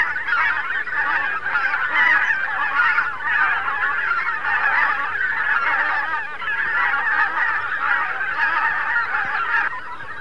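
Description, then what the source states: Greater white-fronted goose: a thick chorus of overlapping yelping honks that swells and eases slightly, an unbroken clamour from many birds. Flocks of thousands of geese flying over a river island, making a great din; central Russia.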